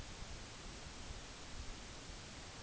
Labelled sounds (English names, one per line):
none